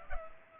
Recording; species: mosquito wingbeat signal from an infrared sensor; Culex pipiens